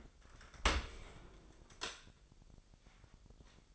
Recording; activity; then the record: daily activity, microphone in the room; open dishwasher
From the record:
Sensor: 5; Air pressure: 1000.8 hPa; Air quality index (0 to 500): 248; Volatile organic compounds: 35 ppm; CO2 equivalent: 3055 ppm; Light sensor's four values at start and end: 31/71/28/26 and 32/73/29/27